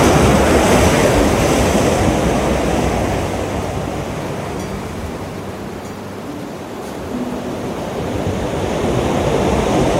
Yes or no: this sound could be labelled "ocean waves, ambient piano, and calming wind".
yes